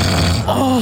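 A brief, loud, low rough rumble gives way to a short groaning, tonal note as the breath ends. This is a single big snore from an adult in deep sleep, with vibration of the upper airway, heard in a room in Rabina.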